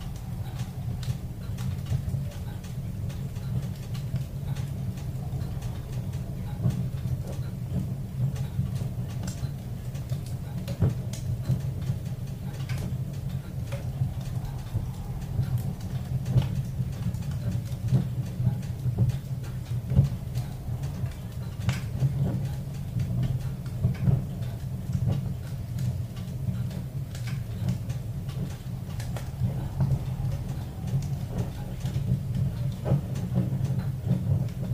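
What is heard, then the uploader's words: A fire roars steadily in a cabin, its deep, even rumble filling the low end for the whole clip. Sharp pops and small clicks scatter throughout, sometimes close together, with a faint higher murmur drifting underneath. Cabin in the Woods.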